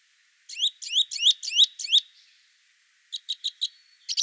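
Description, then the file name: Two-barred Crossbill calls: a quick run of ringing, upward-slurred chips, a short pause, then faster, shorter chips joined by a brief level whistled tone. "Loxia leucoptera"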